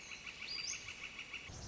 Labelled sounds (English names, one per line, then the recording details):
Northern Flicker
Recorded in Sonoma County, California